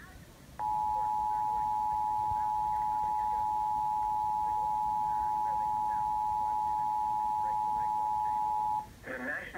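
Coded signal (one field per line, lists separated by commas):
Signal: Emergency Alert System (SAME) tones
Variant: 853 and 960 Hz attention tone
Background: speech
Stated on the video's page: EAS severe thunderstorm warning aired on a TV station, issued by the National Weather Service.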